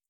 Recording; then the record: hydrophone in a shrimp aquaculture tank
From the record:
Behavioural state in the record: feeding